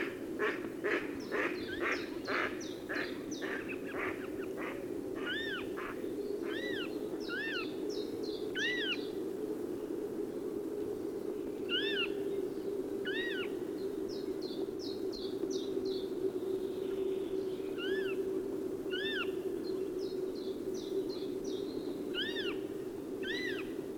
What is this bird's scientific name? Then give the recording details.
Circus aeruginosus. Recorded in the wild. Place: Kuchelmiß, Mecklenburg-Vorpommern, DE. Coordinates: 53.667, 12.347. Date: 1980-04-29. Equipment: Nagra III BH, Sennheiser MD 21, parabola. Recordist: Schubert, Michael